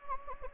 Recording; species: mosquito wingbeat signal from an infrared sensor; Anopheles gambiae